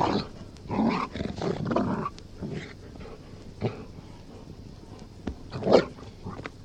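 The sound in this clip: Golden Retriever growling in rough, low bursts, most sustained in the first two seconds, then quieter grumbles with a sharp, loudest snarl near the end.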